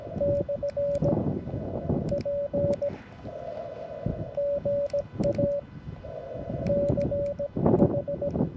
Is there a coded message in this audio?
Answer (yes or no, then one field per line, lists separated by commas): yes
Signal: Morse code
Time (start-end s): 0.2-8.3 s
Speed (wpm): 17 wpm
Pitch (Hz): 570 Hz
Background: radio noise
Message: /P GA CH